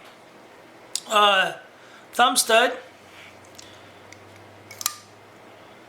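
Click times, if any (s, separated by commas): 4.9 s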